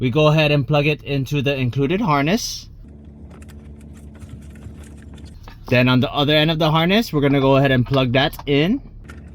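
Someone talks while fitting a Fitcamx dash cam in a Honda Pilot, plugging the dash cam's plastic wiring harness connector into the included harness and then working the far end toward its mating plug behind the trim. Between the speech there are faint handling clicks and rustles. Nothing has seated or clicked home yet.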